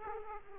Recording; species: mosquito wingbeat signal from an infrared sensor; Aedes aegypti